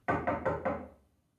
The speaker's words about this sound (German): Es klopft an seiner Wohnungstür.